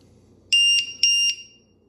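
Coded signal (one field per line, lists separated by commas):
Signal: beep code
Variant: LiPo low-voltage alarm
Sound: two short, shrill, high-pitched electronic beeps about a quarter second apart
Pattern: 2 short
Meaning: The alarm has powered on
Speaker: plug it in like so, and you're going to hear it beep. I believe that's 2 beeps telling you it's a 2S.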